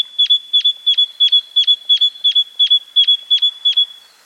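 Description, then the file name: Great tit calls, a brisk run of bright, clipped metallic notes repeated roughly three times a second, then stopping abruptly. "Parus major"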